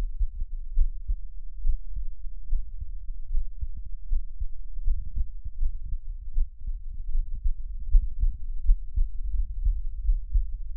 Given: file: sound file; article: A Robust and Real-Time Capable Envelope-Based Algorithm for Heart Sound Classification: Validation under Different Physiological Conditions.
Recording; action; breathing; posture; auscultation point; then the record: heart sounds by electronic stethoscope; rest; deep; sitting; Erb’s point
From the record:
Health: healthy, no known heart disease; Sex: male